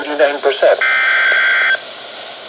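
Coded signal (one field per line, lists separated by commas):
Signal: Emergency Alert System (SAME) tones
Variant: header bursts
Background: speech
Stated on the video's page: Severe thunderstorm warnings received from several NOAA Weather Radio transmitters, one a double header.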